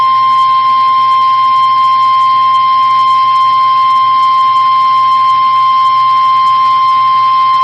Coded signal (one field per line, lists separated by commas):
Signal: Emergency Alert System (SAME) tones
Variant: 1050 Hz attention tone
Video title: WE MADE IT TO EAS #300 AND LAST WEEKLY TESTS OF THE YEAR EAS Tests From 12/30/20 (EAS #298-303)